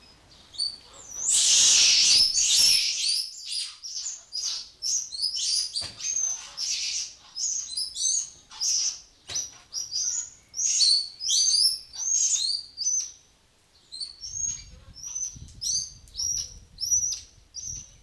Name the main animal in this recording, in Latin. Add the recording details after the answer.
Cebus olivaceus. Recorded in captivity. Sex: group. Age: adult. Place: Zoo Berlin, Berlin, DE. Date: 2002-07-01 15:35. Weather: bedeckt, Regen, ca. 18°C. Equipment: Nagra SN, Kopie Uher 4000 Report Monitor. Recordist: Tembrock, Günter. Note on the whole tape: Gruppe: Laute, zum Teil agonistisch